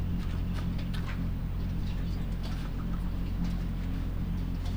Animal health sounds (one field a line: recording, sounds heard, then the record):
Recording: poultry house recording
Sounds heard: sick chickens (respiratory disease)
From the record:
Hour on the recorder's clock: 3